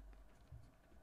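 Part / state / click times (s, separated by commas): plastic insert piece into a screen protector alignment guide / not seated / none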